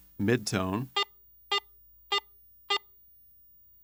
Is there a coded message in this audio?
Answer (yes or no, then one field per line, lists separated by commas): no